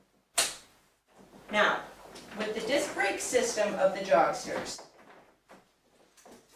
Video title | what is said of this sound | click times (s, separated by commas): TFK Joggster Twist - Montaje de Ruedas y Frenos - Babydea.com | click that into place and also this clip in place | 0.4 s